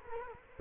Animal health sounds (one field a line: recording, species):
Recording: mosquito wingbeat signal from an infrared sensor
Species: Culex quinquefasciatus